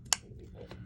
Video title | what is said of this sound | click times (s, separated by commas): Wire piercing tools | Now, you heard that click. That click, | 0.1 s